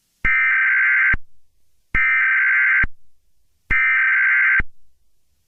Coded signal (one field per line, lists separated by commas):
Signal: Emergency Alert System (SAME) tones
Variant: header bursts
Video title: After the Flash hurricane EAS